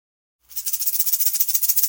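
Rattlesnake rattling: after a brief silence a dry, hissing buzz starts and runs on steadily, made of very fast, even pulses.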